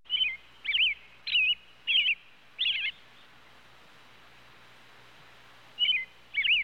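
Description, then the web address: Robin giving clipped, twisting chirps, five in quick succession, a silent gap of about three seconds, then two more. "bird robin robin calls animal"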